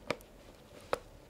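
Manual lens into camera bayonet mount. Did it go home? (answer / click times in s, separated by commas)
no / none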